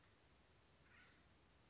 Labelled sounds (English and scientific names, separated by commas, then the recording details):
Acorn Woodpecker (Melanerpes formicivorus)
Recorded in Sonoma County, California